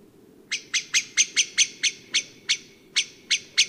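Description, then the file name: Common blackbird giving sharp, hard chink notes in a quick series that slows toward the end, with a faint low rumble beneath. "Turdus merula"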